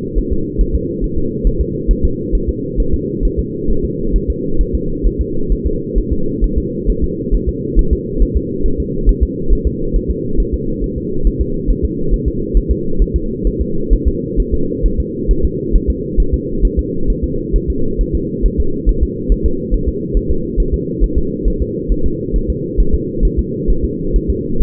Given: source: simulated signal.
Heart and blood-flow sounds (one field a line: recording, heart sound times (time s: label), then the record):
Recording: fetal heart sounds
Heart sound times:
0.19 s: S1
0.33 s: S2
0.61 s: S1
0.75 s: S2
1.04 s: S1
1.18 s: S2
1.47 s: S1
1.61 s: S2
1.91 s: S1
2.05 s: S2
2.35 s: S1
2.49 s: S2
2.80 s: S1
2.94 s: S2
3.25 s: S1
3.39 s: S2
3.71 s: S1
3.85 s: S2
4.16 s: S1
4.30 s: S2
4.61 s: S1
4.75 s: S2
5.07 s: S1
5.21 s: S2
5.52 s: S1
5.67 s: S2
5.98 s: S1
6.12 s: S2
6.44 s: S1
6.58 s: S2
6.90 s: S1
7.04 s: S2
7.35 s: S1
7.49 s: S2
7.79 s: S1
7.93 s: S2
8.23 s: S1
8.37 s: S2
8.66 s: S1
8.80 s: S2
9.09 s: S1
9.23 s: S2
9.53 s: S1
9.67 s: S2
9.96 s: S1
10.10 s: S2
10.40 s: S1
10.54 s: S2
10.84 s: S1
10.98 s: S2
11.27 s: S1
11.41 s: S2
11.71 s: S1
11.85 s: S2
12.14 s: S1
12.28 s: S2
12.57 s: S1
12.71 s: S2
13.02 s: S1
13.16 s: S2
13.47 s: S1
13.61 s: S2
13.93 s: S1
14.08 s: S2
14.40 s: S1
14.54 s: S2
14.86 s: S1
15.00 s: S2
15.31 s: S1
15.45 s: S2
15.76 s: S1
15.90 s: S2
16.20 s: S1
16.34 s: S2
16.65 s: S1
16.79 s: S2
17.10 s: S1
17.24 s: S2
17.56 s: S1
17.70 s: S2
18.01 s: S1
18.15 s: S2
18.46 s: S1
18.60 s: S2
18.89 s: S1
19.03 s: S2
19.32 s: S1
19.46 s: S2
19.74 s: S1
19.89 s: S2
20.17 s: S1
20.31 s: S2
20.60 s: S1
20.74 s: S2
21.04 s: S1
21.18 s: S2
21.48 s: S1
21.62 s: S2
21.92 s: S1
22.06 s: S2
22.36 s: S1
22.50 s: S2
22.80 s: S1
22.95 s: S2
23.25 s: S1
23.39 s: S2
23.70 s: S1
23.84 s: S2
24.16 s: S1
24.30 s: S2
24.62 s: S1
From the record:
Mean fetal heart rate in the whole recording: 135 bpm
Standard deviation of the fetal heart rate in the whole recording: 3 bpm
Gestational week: 36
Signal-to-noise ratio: -8.1 dB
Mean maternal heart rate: 72 bpm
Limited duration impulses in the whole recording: absent